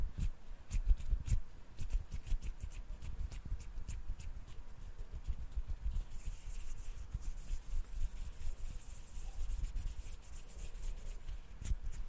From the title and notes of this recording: ASMR HAND SOUNDS NO TALKING,INTENSE HAND SOUNDS ASMR NO TALKING. ASMR HAND MOVEMENTS.